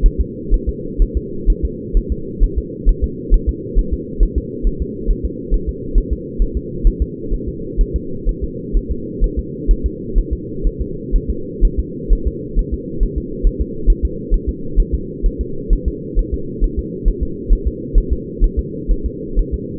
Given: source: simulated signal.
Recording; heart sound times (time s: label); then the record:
fetal heart sounds
0.06 s: S1
0.21 s: S2
0.54 s: S1
0.69 s: S2
1.02 s: S1
1.17 s: S2
1.50 s: S1
1.65 s: S2
1.97 s: S1
2.12 s: S2
2.44 s: S1
2.58 s: S2
2.89 s: S1
3.04 s: S2
3.34 s: S1
3.49 s: S2
3.79 s: S1
3.94 s: S2
4.23 s: S1
4.38 s: S2
4.67 s: S1
4.82 s: S2
5.11 s: S1
5.25 s: S2
5.54 s: S1
5.69 s: S2
5.98 s: S1
6.13 s: S2
6.42 s: S1
6.57 s: S2
6.87 s: S1
7.02 s: S2
7.34 s: S1
7.48 s: S2
7.81 s: S1
7.96 s: S2
8.29 s: S1
8.44 s: S2
8.77 s: S1
8.91 s: S2
9.24 s: S1
9.39 s: S2
9.71 s: S1
9.86 s: S2
10.19 s: S1
10.33 s: S2
10.67 s: S1
10.81 s: S2
11.16 s: S1
11.30 s: S2
11.65 s: S1
11.80 s: S2
12.13 s: S1
12.28 s: S2
12.59 s: S1
12.74 s: S2
13.03 s: S1
13.18 s: S2
13.47 s: S1
13.61 s: S2
13.90 s: S1
14.05 s: S2
14.34 s: S1
14.49 s: S2
14.80 s: S1
14.95 s: S2
15.26 s: S1
15.41 s: S2
15.73 s: S1
15.88 s: S2
16.19 s: S1
16.34 s: S2
16.64 s: S1
16.79 s: S2
17.08 s: S1
17.23 s: S2
17.53 s: S1
17.67 s: S2
17.98 s: S1
18.12 s: S2
18.44 s: S1
18.59 s: S2
18.91 s: S1
19.06 s: S2
19.39 s: S1
19.54 s: S2
From the record:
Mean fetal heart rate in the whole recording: 130 bpm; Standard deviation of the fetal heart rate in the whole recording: 4 bpm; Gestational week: 38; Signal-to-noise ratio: -4.3 dB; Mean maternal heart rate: 72 bpm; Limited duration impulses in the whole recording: absent